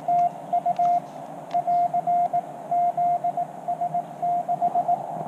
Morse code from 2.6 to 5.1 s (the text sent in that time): ZS6